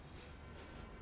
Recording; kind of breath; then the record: one breath in and out by a microphone near the nose and mouth; strong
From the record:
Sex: male